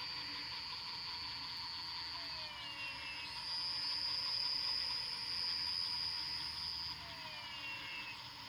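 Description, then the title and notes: Night frog chorus of dense overlapping trills and chirps, with soft descending whistles repeating every few seconds beneath a steady high drone. Recorded at night after rain at Fortín Arce, Luque, Paraguay. "Nanawa &, PFVV+4JH, Fortín Arce, Luque 110917, Paraguay - sonidos de ranas después de la lluvia. grabación nocturna de las ranas"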